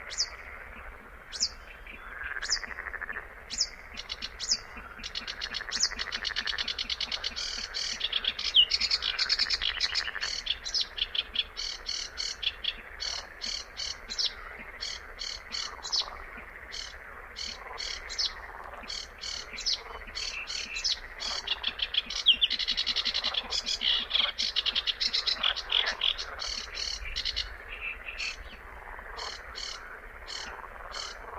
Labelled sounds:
Sedge Warbler song

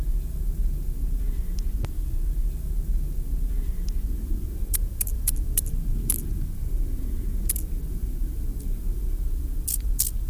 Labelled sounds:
Upland Field Grasshopper

